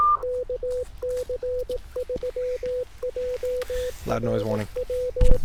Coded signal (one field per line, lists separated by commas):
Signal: Morse code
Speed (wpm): 18 wpm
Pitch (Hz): 500 Hz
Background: speech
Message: KC3JRW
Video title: 18 WPM CW POTA Post Marine Corps Marathon Volunteering (I stood and watched others run) with N0SA M7